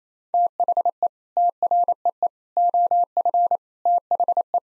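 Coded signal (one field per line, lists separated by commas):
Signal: Morse code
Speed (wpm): 28 wpm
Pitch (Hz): 700 Hz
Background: none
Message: THE TREE OF THE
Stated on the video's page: Morse head-copy practice at 28 wpm sending common nine-word groups; each set is sent, spoken, then sent again.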